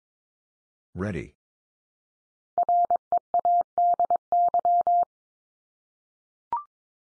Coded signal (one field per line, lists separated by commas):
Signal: Morse code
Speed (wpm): 22 wpm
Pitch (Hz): 700 Hz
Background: none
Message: READY